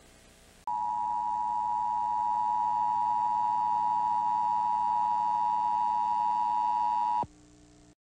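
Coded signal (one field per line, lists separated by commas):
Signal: Emergency Alert System (SAME) tones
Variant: 853 and 960 Hz attention tone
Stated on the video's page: Emergency broadcast system tests.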